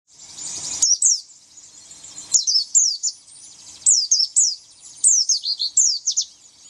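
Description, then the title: White-eye giving short phrases of a few high, sharp chirps, separated by brief pauses. "Pleci"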